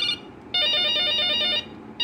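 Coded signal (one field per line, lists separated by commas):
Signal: none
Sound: telephone ringtone melody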